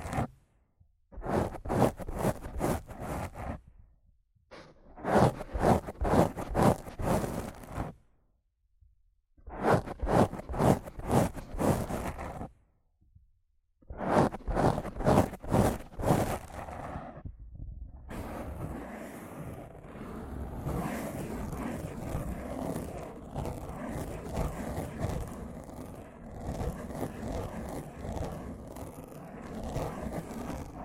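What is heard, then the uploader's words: Rough scratching and brushing against a microphone come in rapid rhythmic bursts of quick strokes, separated by short silences during the first eighteen seconds. After that the sound turns into a continuous dense rustling scrape, steadier and slightly softer, running to the end. ASMR Rough Mic Scratching & Brushing (No Talking).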